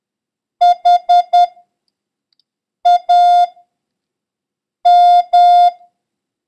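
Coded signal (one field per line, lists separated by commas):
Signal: Morse code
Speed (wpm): 10 wpm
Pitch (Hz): 710 Hz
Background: none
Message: HAM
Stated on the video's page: Morse lesson covering the letters H, B, F and number 9.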